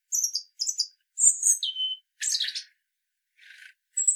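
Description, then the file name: European robin song phrases: high, quick twittering notes, a falling whistle, a scratchy rattled burst and a soft low warble, each following closely on the last. "Erithacus rubecula"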